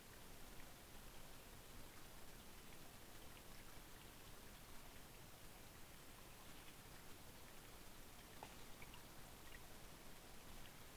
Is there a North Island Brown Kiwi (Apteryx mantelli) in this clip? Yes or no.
no